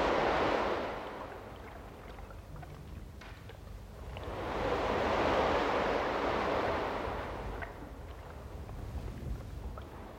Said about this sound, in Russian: Все громче, все злее грохочет океан.